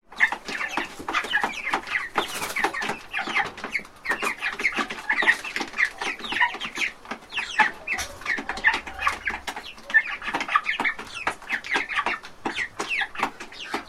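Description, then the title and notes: Many chickens cluck and chatter continuously, their calls overlapping, with pecking taps and a brief rustling burst early on. Baby chickens eating from a trough in a large chicken house on a farm. "Baby Chickens Eating From A Trough Sound. Alexander"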